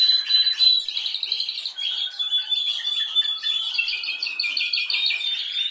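Canary song: rapid rolling trills and pulsed tours around a steady high whistle, shifting pitch every second or so, with sharp chirps scattered through.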